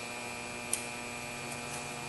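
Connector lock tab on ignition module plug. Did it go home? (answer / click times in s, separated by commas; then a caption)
yes / 0.7 s. On a 2006 Saturn Ion being repaired for a misfire, the plastic lock tab on the ignition module's connector plug is pushed down to lock the plug onto the module. A single short, sharp click sounds at 0.7 s over a steady electrical hum, with a couple of faint ticks later. The lock tab is seated and locked in place.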